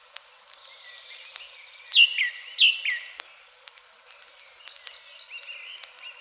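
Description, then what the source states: Song thrush singing two loud, sharp notes in a row, followed by softer, quieter phrases. Unhurried, sonorous phrases heard everywhere in the spring forest, delivered from the top of a tall spruce.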